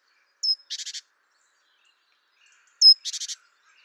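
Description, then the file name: Great tit call: a short high whistled note followed by four rapid harsh buzzy notes, given twice in quick succession. "Parus major"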